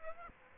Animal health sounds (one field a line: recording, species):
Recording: mosquito wingbeat signal from an infrared sensor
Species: Aedes aegypti